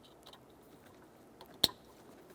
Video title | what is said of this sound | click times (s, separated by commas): How to Replace Tail Lights 2003-2007 Honda Accord | Listen for a click from that. | 1.6 s